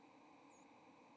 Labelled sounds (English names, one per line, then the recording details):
White-throated Sparrow flight call
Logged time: 07:15 on 30 October 2014